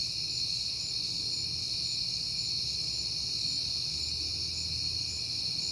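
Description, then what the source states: Crickets trilling steadily in a dense high chorus, with a low rumble beneath. Crickets recorded on a peaceful night in September.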